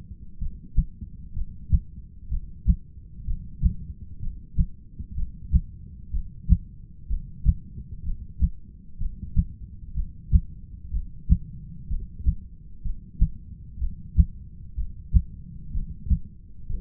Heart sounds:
heart sounds by stethoscope; 63 bpm
0.39 s: heartbeat
1.33 s: heartbeat
2.29 s: heartbeat
3.25 s: heartbeat
4.20 s: heartbeat
5.15 s: heartbeat
6.11 s: heartbeat
7.08 s: heartbeat
8.04 s: heartbeat
8.98 s: heartbeat
9.95 s: heartbeat
10.91 s: heartbeat
11.88 s: heartbeat
12.83 s: heartbeat
13.79 s: heartbeat
14.75 s: heartbeat
15.72 s: heartbeat
16.67 s: heartbeat
From the record:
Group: heart failure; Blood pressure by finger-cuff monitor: 112/74 mmHg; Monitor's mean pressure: 87 mmHg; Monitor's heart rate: 63 bpm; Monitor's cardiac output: 7.1 L/min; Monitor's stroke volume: 113 mL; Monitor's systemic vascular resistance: 900 dyn s/cm5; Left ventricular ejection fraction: 25%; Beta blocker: metoprolol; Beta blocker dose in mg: 62.5 twice daily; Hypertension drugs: ramipril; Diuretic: furosemide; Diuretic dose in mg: 40 twice daily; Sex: male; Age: 57 years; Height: 180 cm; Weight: 90.5 kg

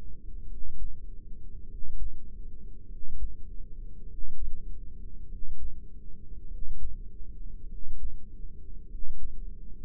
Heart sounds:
heart sounds by microphone in the left ear; 50 bpm
0.42 s: heartbeat
1.62 s: heartbeat
2.82 s: heartbeat
4.02 s: heartbeat
5.22 s: heartbeat
6.43 s: heartbeat
7.63 s: heartbeat
8.83 s: heartbeat
From the record:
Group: heart failure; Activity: breath hold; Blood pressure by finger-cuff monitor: 72/43 mmHg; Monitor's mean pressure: 51 mmHg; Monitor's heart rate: 50 bpm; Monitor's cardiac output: 3.6 L/min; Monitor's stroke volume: 72 mL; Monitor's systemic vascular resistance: 970 dyn s/cm5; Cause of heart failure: dilated cardiomyopathy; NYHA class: 3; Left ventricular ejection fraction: 27%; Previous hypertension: present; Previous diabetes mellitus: present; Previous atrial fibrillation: present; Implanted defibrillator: present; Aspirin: present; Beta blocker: bisoprolol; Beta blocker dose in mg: 1.25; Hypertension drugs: sacubitril-valsartan, spironolactone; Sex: female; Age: 39 years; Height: 170 cm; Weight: 64 kg

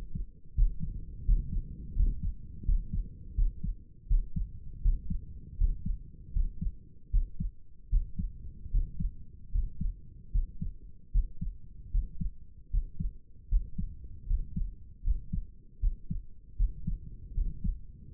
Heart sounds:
heart sounds by stethoscope; 79 bpm
0.55 s: heartbeat
1.25 s: heartbeat
1.95 s: heartbeat
2.65 s: heartbeat
3.35 s: heartbeat
4.07 s: heartbeat
4.81 s: heartbeat
5.57 s: heartbeat
6.32 s: heartbeat
7.10 s: heartbeat
7.89 s: heartbeat
8.70 s: heartbeat
9.51 s: heartbeat
10.31 s: heartbeat
11.11 s: heartbeat
11.91 s: heartbeat
12.70 s: heartbeat
13.48 s: heartbeat
14.26 s: heartbeat
15.03 s: heartbeat
15.79 s: heartbeat
16.56 s: heartbeat
17.34 s: heartbeat
18.11 s: heartbeat
From the record:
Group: healthy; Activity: rest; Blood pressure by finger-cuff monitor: 105/66 mmHg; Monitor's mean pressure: 74 mmHg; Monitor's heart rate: 79 bpm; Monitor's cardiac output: 6.7 L/min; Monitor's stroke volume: 82 mL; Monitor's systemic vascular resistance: 780 dyn s/cm5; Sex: male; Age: 35 years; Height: 180 cm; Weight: 86.9 kg

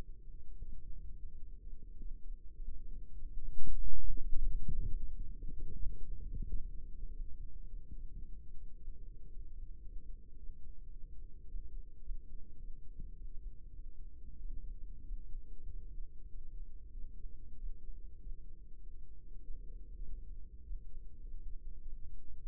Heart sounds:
heart sounds by microphone in the right ear; 103 bpm
0.19 s: heartbeat
0.78 s: heartbeat
1.37 s: heartbeat
1.96 s: heartbeat
2.53 s: heartbeat
3.10 s: heartbeat
3.68 s: heartbeat
4.27 s: heartbeat
4.84 s: heartbeat
5.41 s: heartbeat
5.98 s: heartbeat
6.55 s: heartbeat
7.10 s: heartbeat
7.65 s: heartbeat
8.19 s: heartbeat
8.73 s: heartbeat
9.28 s: heartbeat
9.82 s: heartbeat
10.35 s: heartbeat
10.89 s: heartbeat
11.46 s: heartbeat
12.01 s: heartbeat
12.56 s: heartbeat
13.13 s: heartbeat
13.72 s: heartbeat
14.37 s: heartbeat
15.02 s: heartbeat
15.65 s: heartbeat
16.27 s: heartbeat
16.90 s: heartbeat
17.55 s: heartbeat
18.18 s: heartbeat
18.80 s: heartbeat
19.41 s: heartbeat
20.02 s: heartbeat
20.62 s: heartbeat
21.21 s: heartbeat
21.79 s: heartbeat
22.39 s: heartbeat
From the record:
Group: healthy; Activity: rest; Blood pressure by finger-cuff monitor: 106/64 mmHg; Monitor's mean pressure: 77 mmHg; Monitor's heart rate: 104 bpm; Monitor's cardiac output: 6.9 L/min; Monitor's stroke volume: 68 mL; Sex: male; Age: 22 years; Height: 181 cm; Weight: 60 kg

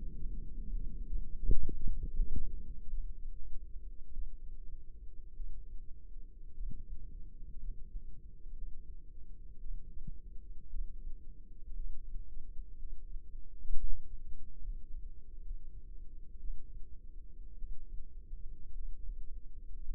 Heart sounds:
heart sounds by microphone in the left ear; 58 bpm
0.15 s: heartbeat
1.06 s: heartbeat
2.03 s: heartbeat
2.88 s: heartbeat
4.13 s: heartbeat
5.35 s: heartbeat
6.54 s: heartbeat
7.59 s: heartbeat
8.53 s: heartbeat
9.60 s: heartbeat
10.70 s: heartbeat
11.75 s: heartbeat
12.78 s: heartbeat
13.78 s: heartbeat
14.61 s: heartbeat
15.42 s: heartbeat
16.39 s: heartbeat
17.58 s: heartbeat
18.74 s: heartbeat
19.84 s: heartbeat
From the record:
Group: healthy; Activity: rest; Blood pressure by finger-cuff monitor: 106/64 mmHg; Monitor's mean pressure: 76 mmHg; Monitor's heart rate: 57 bpm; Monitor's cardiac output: 5.3 L/min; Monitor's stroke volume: 90 mL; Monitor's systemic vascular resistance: 1040 dyn s/cm5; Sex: female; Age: 28 years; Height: 170 cm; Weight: 77 kg

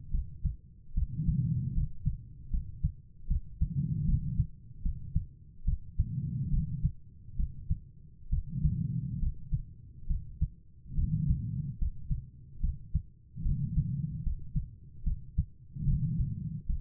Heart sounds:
heart sounds by stethoscope; 73 bpm
0.11 s: heartbeat
0.94 s: heartbeat
1.74 s: heartbeat
2.50 s: heartbeat
3.27 s: heartbeat
4.05 s: heartbeat
4.82 s: heartbeat
5.64 s: heartbeat
6.50 s: heartbeat
7.36 s: heartbeat
8.29 s: heartbeat
9.19 s: heartbeat
10.07 s: heartbeat
10.95 s: heartbeat
11.78 s: heartbeat
12.60 s: heartbeat
13.42 s: heartbeat
14.23 s: heartbeat
15.03 s: heartbeat
15.85 s: heartbeat
16.66 s: heartbeat
From the record:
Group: healthy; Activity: rest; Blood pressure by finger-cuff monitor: 102/72 mmHg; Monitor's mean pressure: 81 mmHg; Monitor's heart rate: 73 bpm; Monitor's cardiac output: 5.3 L/min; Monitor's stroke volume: 73 mL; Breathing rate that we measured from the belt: 24 breaths a minute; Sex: female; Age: 32 years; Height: 172 cm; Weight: 71.7 kg

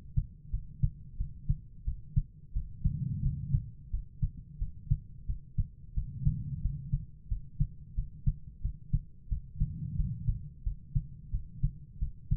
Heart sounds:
heart sounds by stethoscope; 89 bpm
0.50 s: heartbeat
1.16 s: heartbeat
1.84 s: heartbeat
2.52 s: heartbeat
3.21 s: heartbeat
3.90 s: heartbeat
4.58 s: heartbeat
5.25 s: heartbeat
5.93 s: heartbeat
6.60 s: heartbeat
7.27 s: heartbeat
7.94 s: heartbeat
8.60 s: heartbeat
9.28 s: heartbeat
9.95 s: heartbeat
10.62 s: heartbeat
11.30 s: heartbeat
11.98 s: heartbeat
From the record:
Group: healthy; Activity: rest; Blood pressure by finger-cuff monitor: 106/64 mmHg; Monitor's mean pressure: 79 mmHg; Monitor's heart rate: 90 bpm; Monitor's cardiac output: 6.5 L/min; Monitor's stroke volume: 72 mL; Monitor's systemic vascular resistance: 900 dyn s/cm5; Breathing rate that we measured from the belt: 18 breaths a minute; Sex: female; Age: 43 years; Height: 160 cm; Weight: 90 kg

